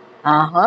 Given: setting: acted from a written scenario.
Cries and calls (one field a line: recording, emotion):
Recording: vocal sound without words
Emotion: pride